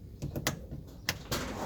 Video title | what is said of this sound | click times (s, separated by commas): Mazda MAZDA5 Change Interior Bulbs/LED Upgrade | push up you have to click right into the clips you're good to go | 0.5 s, 1.1 s